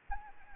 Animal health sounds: mosquito wingbeat signal from an infrared sensor; Anopheles arabiensis

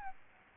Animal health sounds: mosquito wingbeat signal from an infrared sensor; Aedes albopictus

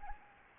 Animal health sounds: mosquito wingbeat signal from an infrared sensor; Anopheles arabiensis

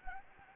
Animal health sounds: mosquito wingbeat signal from an infrared sensor; Anopheles gambiae

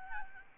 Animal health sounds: mosquito wingbeat signal from an infrared sensor; Aedes albopictus

